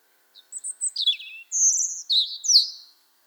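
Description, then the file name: European robin song, a short phrase of high thin notes sliding downward, then sustained silvery whistles and a rising flourish. "Erithacus rubecula"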